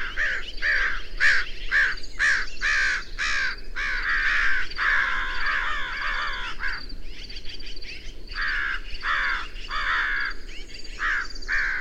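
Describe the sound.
Bird calls: loud, harsh cawing from many birds in rapid bursts, briefly thinning near the middle before the noisy chorus resumes.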